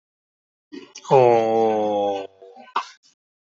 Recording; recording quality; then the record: sustained vowel as in boot; excellent, no background noise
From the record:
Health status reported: healthy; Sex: male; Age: 35 years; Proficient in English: yes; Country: India